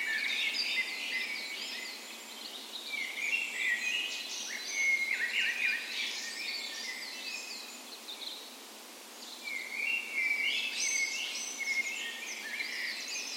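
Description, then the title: Birds chorusing at dawn, varied high chirps and trills overlapping, with a quieter lull around eight seconds before a burst of song. Spring dawn chorus on the morning of 17 May, Norway's National Day, in a park west in Bergen, Norway; Sony PCM A10 recorder with LOM micro Usi microphones as tree ears. "17th Of May Dawn Chorus"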